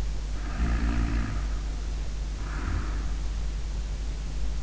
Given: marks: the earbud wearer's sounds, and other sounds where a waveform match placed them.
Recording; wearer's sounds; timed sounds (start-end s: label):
sounds in sleep by an in-ear microphone; snoring breath
0.40-3.43 s: snoring breath